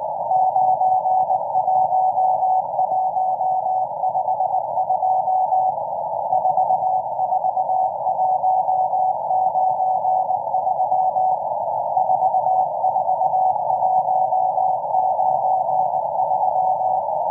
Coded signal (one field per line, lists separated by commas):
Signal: Morse code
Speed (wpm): 19 wpm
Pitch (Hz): 750 Hz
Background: none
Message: 91152 44193 44193